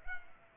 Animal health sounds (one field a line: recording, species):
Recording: mosquito wingbeat signal from an infrared sensor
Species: Culex pipiens